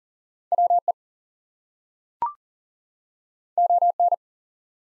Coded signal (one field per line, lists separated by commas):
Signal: Morse code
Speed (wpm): 40 wpm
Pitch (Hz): 700 Hz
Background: none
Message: WE ON